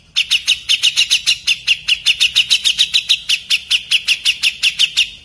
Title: MASTERAN CUCAK JENGGOT